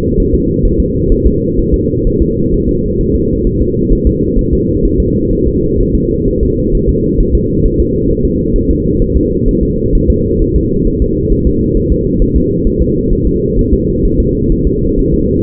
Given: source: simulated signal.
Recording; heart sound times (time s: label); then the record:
fetal heart sounds
0.20 s: S1
0.35 s: S2
0.65 s: S1
0.80 s: S2
1.12 s: S1
1.26 s: S2
1.59 s: S1
1.74 s: S2
2.07 s: S1
2.22 s: S2
2.54 s: S1
2.69 s: S2
3.01 s: S1
3.16 s: S2
3.47 s: S1
3.61 s: S2
3.93 s: S1
4.07 s: S2
4.39 s: S1
4.53 s: S2
4.85 s: S1
5.00 s: S2
5.33 s: S1
5.47 s: S2
5.81 s: S1
5.95 s: S2
6.28 s: S1
6.43 s: S2
6.75 s: S1
6.89 s: S2
7.20 s: S1
7.35 s: S2
7.66 s: S1
7.80 s: S2
8.11 s: S1
8.25 s: S2
8.56 s: S1
8.70 s: S2
9.02 s: S1
9.16 s: S2
9.48 s: S1
9.63 s: S2
9.95 s: S1
10.10 s: S2
10.42 s: S1
10.56 s: S2
10.87 s: S1
11.02 s: S2
11.32 s: S1
11.47 s: S2
11.77 s: S1
11.92 s: S2
12.22 s: S1
12.36 s: S2
12.67 s: S1
12.82 s: S2
13.13 s: S1
13.27 s: S2
13.59 s: S1
13.73 s: S2
14.05 s: S1
14.20 s: S2
14.52 s: S1
14.67 s: S2
14.99 s: S1
15.14 s: S2
From the record:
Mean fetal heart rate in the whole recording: 130 bpm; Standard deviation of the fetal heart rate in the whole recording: 4 bpm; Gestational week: 38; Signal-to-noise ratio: -14.7 dB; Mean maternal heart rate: 72 bpm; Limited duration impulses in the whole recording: present